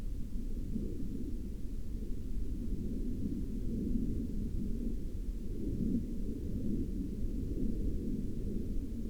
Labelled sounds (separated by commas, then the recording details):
aircraft
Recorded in the Prudhoe Bay oil fields, Alaska, on 17 May 2021 at 01:06
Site 24